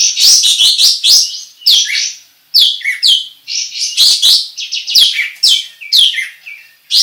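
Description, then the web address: Bulbul delivering fast, continuous chattering song, with quick warbled notes strung together and only brief breaks between phrases. Described as gacor, meaning singing actively and continuously. "kapas-tembak suara-kapas-tembak-gacor"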